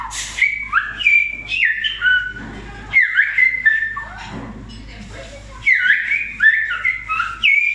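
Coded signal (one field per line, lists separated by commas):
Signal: whistled language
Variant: Silbo Gomero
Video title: El Silbo Gomero Demostración Restaurante Mirador Abrante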